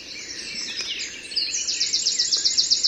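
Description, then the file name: Eurasian wren song: a quick scramble of high squeaky notes breaking into a loud, rapid, evenly pulsed trill that runs on to the end. "Troglodytes troglodytes"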